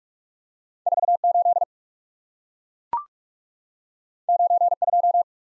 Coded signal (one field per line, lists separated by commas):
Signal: Morse code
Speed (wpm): 44 wpm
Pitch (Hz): 700 Hz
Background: none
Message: 48 92